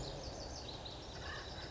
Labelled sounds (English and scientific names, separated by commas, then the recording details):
Acorn Woodpecker (Melanerpes formicivorus)
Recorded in Sonoma County, California